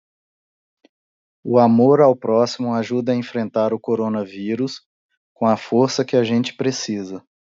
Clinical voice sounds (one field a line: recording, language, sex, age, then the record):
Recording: spoken sentence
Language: Brazilian Portuguese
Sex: male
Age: 30 to 39 years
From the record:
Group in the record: control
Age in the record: 37 years